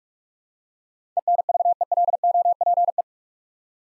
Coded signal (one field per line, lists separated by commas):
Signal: Morse code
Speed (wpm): 44 wpm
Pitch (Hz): 700 Hz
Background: none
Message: ENVELOPE